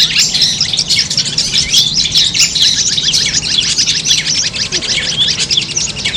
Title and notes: Suara Lomba untuk Terapi Mental Cendet. Masteran Burung Cendet